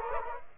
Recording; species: mosquito wingbeat signal from an infrared sensor; Culex quinquefasciatus